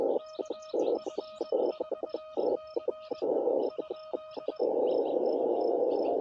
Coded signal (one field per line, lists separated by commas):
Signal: Morse code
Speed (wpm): 21 wpm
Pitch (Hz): 1250 Hz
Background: none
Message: KF4C ?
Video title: CW POTA W/Elecraft KH1